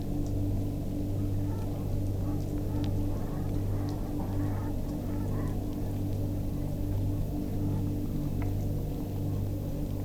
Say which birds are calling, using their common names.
Brent Goose